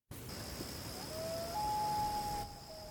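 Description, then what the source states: Common Loon wail: a long, pure note that steps up to a higher sustained tone, then drops back, with a steady high tone behind. Mystery nature noise; listeners guessed a bird and a coyote howling.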